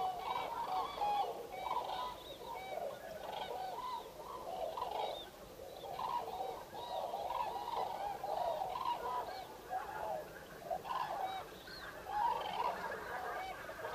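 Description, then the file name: Flock of common cranes trumpeting steadily, overlapping rolling calls continuing throughout with small dips and surges in volume. Recorded 5 November 2018. "2018 11 05 zurawie"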